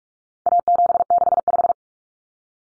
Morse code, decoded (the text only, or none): A765